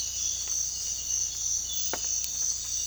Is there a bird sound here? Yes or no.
no